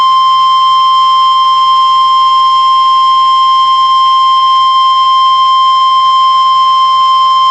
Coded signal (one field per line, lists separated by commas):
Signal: Emergency Alert System (SAME) tones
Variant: 1050 Hz attention tone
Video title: EAS Winter Storm Warning/Lake Effect Snow Warning Niagra Frontier, New York NOAA Weather Radio